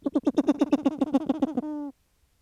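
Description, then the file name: Grey petrel giving a rapid stuttering series of low, hoarse notes that merge into a single held nasal tone before stopping abruptly. "Philippe Lambret - P trel gris"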